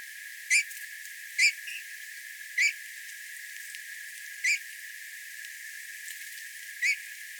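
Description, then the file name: Eurasian bullfinch calling with brief, mellow piped notes, five spread irregularly over several seconds, with a light background hiss. "Pyrrhula pyrrhula"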